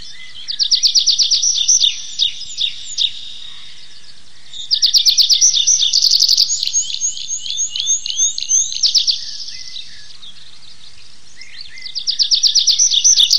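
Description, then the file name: Tree pipit song: phrases of quick repeated notes and trills, a long varied middle phrase with sliding notes, separated by quiet gaps. "lesnoj konek anthus trivialis"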